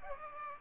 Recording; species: mosquito wingbeat signal from an infrared sensor; Aedes aegypti